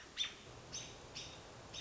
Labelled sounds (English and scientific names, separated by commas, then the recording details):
American Robin (Turdus migratorius)
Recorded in Sonoma County, California